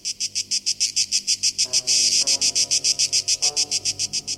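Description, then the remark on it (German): A cicada sings in a loud, shrill, pulsing buzz, its rapid regular bursts repeating steadily at a high pitch with no voices present. “Durch Entspannung des Trommelfells kann zum Beispiel ein singendes Zikadenmännchen sein Gehörorgan vor Überbeanspruchung schützen.”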